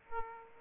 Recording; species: mosquito wingbeat signal from an infrared sensor; Aedes aegypti